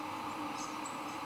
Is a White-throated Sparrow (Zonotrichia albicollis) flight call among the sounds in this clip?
no